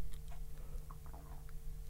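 A low, deep rumble runs for about two seconds, with a few brief bubbly gurgles on top and a steady electrical hum behind it. These are ordinary stomach rumbling sounds in an adult, gas and fluid moving through the gut, and are harmless; the person had eaten that morning.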